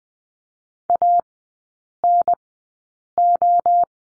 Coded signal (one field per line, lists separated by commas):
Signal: Morse code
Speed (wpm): 20 wpm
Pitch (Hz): 700 Hz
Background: none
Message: ANO